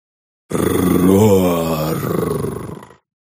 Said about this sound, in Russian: Торжественный рев возродившегося древнего существа разнес цветные храмовые витражи на тысячи смертоносных осколков.